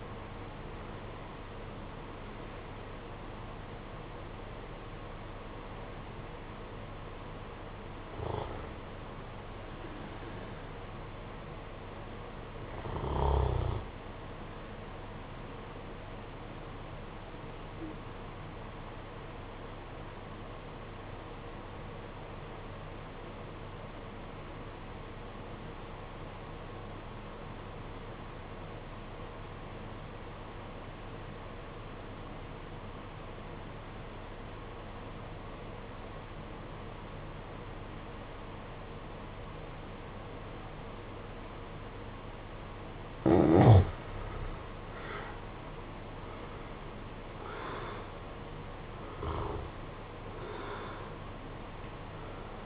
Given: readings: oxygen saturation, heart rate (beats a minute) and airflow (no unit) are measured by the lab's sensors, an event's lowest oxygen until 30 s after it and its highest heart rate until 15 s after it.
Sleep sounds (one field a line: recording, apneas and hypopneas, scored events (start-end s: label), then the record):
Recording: breathing in sleep by a voice recorder at the bedside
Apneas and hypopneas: 1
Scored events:
17.00-44.80 s: obstructive apnea (REM, oxygen 96% highest, then 76% lowest, heart rate 50 at the start, 72 highest)
From the record:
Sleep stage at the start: REM sleep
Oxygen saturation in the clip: 73 to 96%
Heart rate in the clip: 48 to 73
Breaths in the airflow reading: 7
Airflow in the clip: -13.1 to 14.2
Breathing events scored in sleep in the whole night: 476 in 9.7 hours asleep